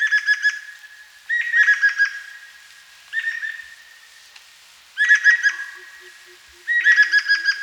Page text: Greater Necklaced Laughingthrush Calls. Quick Sounds